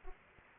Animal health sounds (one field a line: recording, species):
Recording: mosquito wingbeat signal from an infrared sensor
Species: Anopheles arabiensis